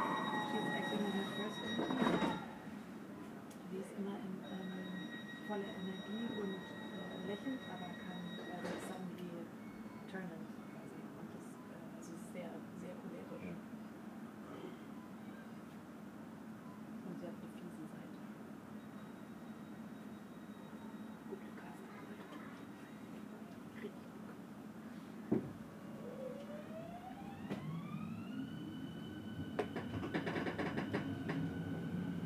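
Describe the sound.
A steady low rumble of a train ride, with brief bright squeals near the start and a rising electric whine toward the end.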